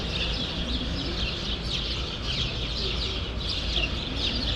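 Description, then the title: Sparrows chirping in a dense, continuous chorus of overlapping high twitters, with a steady low rumble underneath. Sparrows in a grove in Brussels, Belgium; recorded with AB-spaced stereo microphones into a portable field recorder. "Rue Saint-Jean Népomucène 13, 1000 Bruxelles, Belgique - Sparrows - Moineaux"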